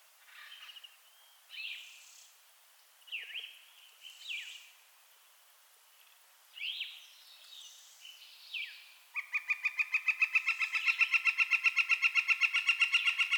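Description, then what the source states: Northern flicker calls: scattered slurred notes, then a fast, loud, even series of repeated 'wick' notes, about four per second, building over the last few seconds. Subspecies Colaptes auratus collaris.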